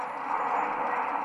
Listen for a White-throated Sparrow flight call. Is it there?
no